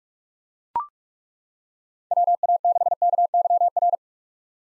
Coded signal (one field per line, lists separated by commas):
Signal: Morse code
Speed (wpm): 42 wpm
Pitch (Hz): 700 Hz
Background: none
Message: WA6KYR